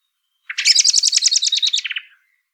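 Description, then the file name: Common blackbird chattering call: a rapid, harsh series of many clipped notes lasting about one and a half seconds, fading slightly at the end. "Turdus merula"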